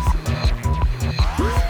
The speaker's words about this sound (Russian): Машина затормозила резко, как и должна тормозить машина самовлюбленного балбеса. Поэтому Маруся неожиданно подалась вперед и чуть не выбила зубы о приборную панель.